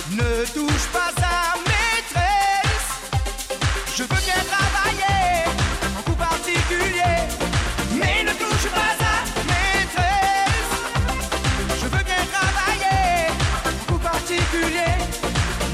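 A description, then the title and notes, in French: A Friday evening at a bowling alley, filled with loud, dense dance music that plays without a break. A heavy, regular bass beat drives it, with bright melodic lines and a sung or synth phrase recurring every couple of seconds. Voici une soirée de vendredi vraiment sympa au bowling st savin.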